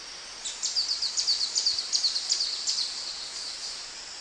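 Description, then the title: Streak-capped antwren call: a fast, high-pitched string of sharp ticking notes lasting roughly two seconds over a quiet hissy background. "LuckyPassaro Completos2Sama. Streak-capped Antwren (Terenura maculata)"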